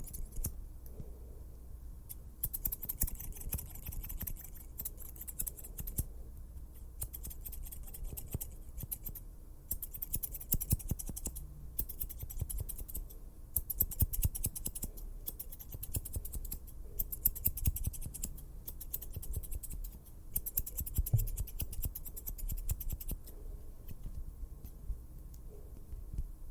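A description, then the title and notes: Fast, dense tapping and rubbing, with sharp clicks and snips like scissors arriving in quick bursts throughout. The sounds are crisp and bright, pausing briefly around a few spots, over a low steady rumble. TAPPING, RUBBING, SCISSOR, LIQUID.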